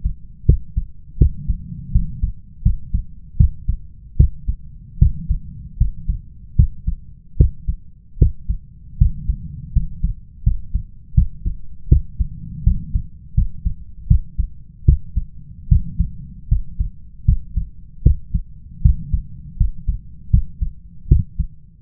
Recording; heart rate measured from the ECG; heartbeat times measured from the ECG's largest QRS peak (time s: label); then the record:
heart sounds by stethoscope; 79 bpm
0.45 s: heartbeat
1.17 s: heartbeat
1.91 s: heartbeat
2.62 s: heartbeat
3.36 s: heartbeat
4.16 s: heartbeat
4.98 s: heartbeat
5.77 s: heartbeat
6.55 s: heartbeat
7.36 s: heartbeat
8.18 s: heartbeat
8.97 s: heartbeat
9.72 s: heartbeat
10.43 s: heartbeat
11.14 s: heartbeat
11.88 s: heartbeat
12.63 s: heartbeat
13.34 s: heartbeat
14.07 s: heartbeat
14.84 s: heartbeat
15.68 s: heartbeat
16.48 s: heartbeat
17.24 s: heartbeat
18.02 s: heartbeat
18.81 s: heartbeat
19.56 s: heartbeat
20.30 s: heartbeat
21.07 s: heartbeat
From the record:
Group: healthy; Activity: cold pressor test 0-8 s, rest 8-22 s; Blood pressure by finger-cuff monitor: 136/82 mmHg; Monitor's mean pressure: 99 mmHg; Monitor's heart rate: 79 bpm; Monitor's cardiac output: 6.5 L/min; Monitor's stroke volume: 81 mL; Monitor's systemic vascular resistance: 1130 dyn s/cm5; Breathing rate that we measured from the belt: 18 breaths a minute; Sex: male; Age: 21 years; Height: 180 cm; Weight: 67.5 kg